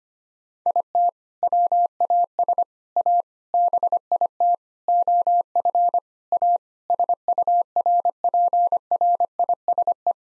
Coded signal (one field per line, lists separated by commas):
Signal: Morse code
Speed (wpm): 25 wpm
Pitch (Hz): 700 Hz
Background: none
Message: IT WAS A BIT OF A SURPRISE